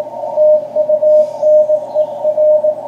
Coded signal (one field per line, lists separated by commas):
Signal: Morse code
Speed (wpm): 18 wpm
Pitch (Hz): 620 Hz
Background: radio noise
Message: TUNER